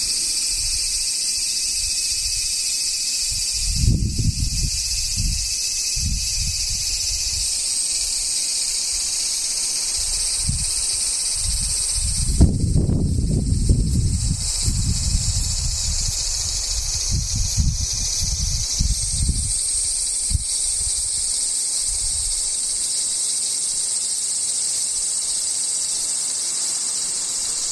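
Cicadas buzz in a steady, dense, high-pitched drone that runs unbroken for the whole recording, with a shrill whine riding on top. Low rumbling gusts push in around four seconds, swell strongest near thirteen, and return in smaller bursts until about twenty.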